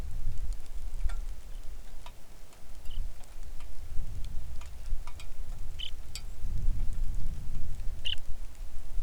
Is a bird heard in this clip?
yes